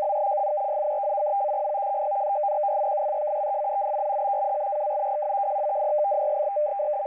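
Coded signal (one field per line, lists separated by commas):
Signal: numbers station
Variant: F03i FSK data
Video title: F03i Data Mode 12/10/2023 1830 UTC 7798kHz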